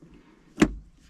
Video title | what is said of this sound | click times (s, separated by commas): Changer pommeau de vitesse Smart Fortwo 450 | et vous allez pousser voilà pour qu'il se clipse bien voilà une fois qu'il est clipsé vous voyez il tient bien il y a pas de problème | 0.6 s